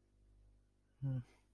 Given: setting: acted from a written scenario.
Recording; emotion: vocal sound without words; neutral